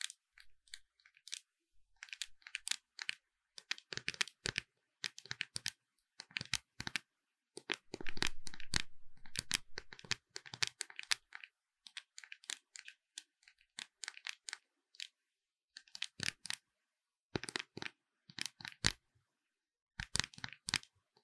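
Makeup tapping in quick, sharp clicking bursts with short pauses between, bright and crisp, with a denser, fuller rustle around eight to ten seconds.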